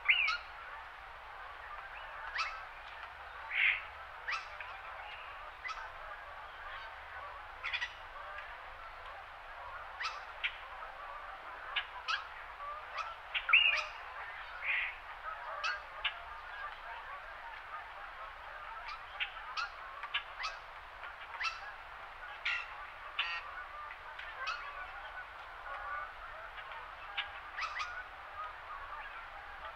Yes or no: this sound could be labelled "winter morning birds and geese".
yes